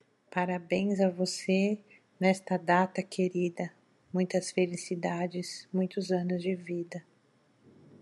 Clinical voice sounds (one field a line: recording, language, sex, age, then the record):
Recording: short text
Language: Brazilian Portuguese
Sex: female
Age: 40 to 49 years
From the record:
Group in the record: control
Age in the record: 45 years